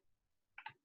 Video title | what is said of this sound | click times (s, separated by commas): Hand Embroidery Demo w/ Ana Carbajal | yeah so click back in | 0.6 s